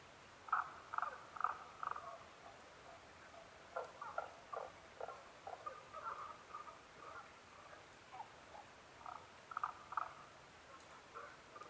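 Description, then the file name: Tago's brown frog calling, quick runs of short clucking notes, about two per second. Recorded 15 May 2011 at 02:19. "tagogaeru-20110515-0219"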